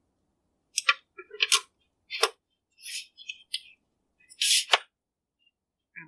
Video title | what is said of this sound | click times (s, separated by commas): Reviewing Premier Heat Lamp for Brooders, Lambs and Pets | clicks right in | 4.7 s